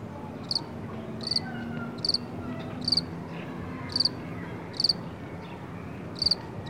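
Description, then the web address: Insect calling with brief high chirps, often in doubled pulses, spaced irregularly about a second apart, over soft low background noise. "насекомые"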